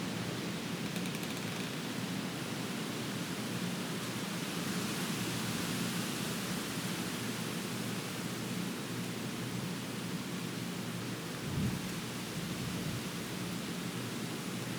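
Wind blows through trees in a steady, dense rush that fills the whole range from low rumble to bright hiss. The level holds nearly constant, with a brief low thump and swell around the twelve-second mark before the rushing settles again.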